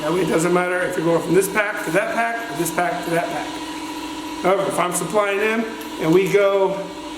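A firefighter handles the male end of an SCBA emergency buddy-breathing hose, about to push it into the female quick-connect fitting on another air pack. A man talks throughout over a steady background hum. Nothing has seated or clicked yet.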